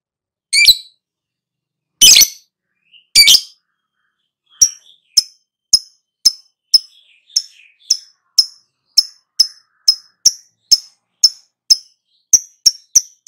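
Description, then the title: Lovebird calling: a few harsh squawks, then a steady series of sharp high chirps repeated about twice a second, quickening toward the end. Lure to prompt a lovebird to start singing loudly. "Pancingan Lovebird Agar Nyaut GACOR."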